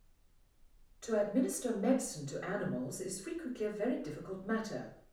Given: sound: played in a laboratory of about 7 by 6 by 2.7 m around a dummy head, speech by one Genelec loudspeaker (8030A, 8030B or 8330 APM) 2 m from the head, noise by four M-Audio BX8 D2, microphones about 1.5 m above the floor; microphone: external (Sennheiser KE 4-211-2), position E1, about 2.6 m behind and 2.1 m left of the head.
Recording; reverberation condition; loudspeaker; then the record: female speech in English; medium; 90 degrees to the right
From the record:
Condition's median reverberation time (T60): about 510 ms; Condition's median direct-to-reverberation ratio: about -0.5 dB